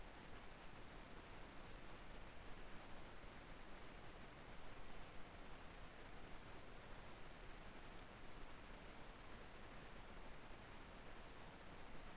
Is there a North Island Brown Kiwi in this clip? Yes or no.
no